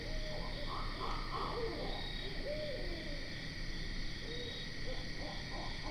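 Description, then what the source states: Barred owl calls, a run of low hoots and wavering, slurred notes through the whole stretch, with a constant insect drone behind. Recorded on 12 September 2010.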